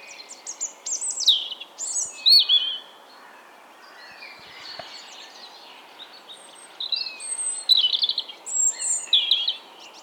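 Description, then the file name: European robin song: thin, high, varied warbled phrases with sliding whistles and trills, given in bursts separated by short pauses, over a faint background hiss. "Erithacus rubecula"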